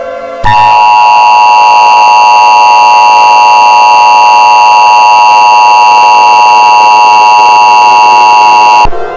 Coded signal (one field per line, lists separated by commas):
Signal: Emergency Alert System (SAME) tones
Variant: 853 and 960 Hz attention tone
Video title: EAS Scenario: Greek-Roman Godly War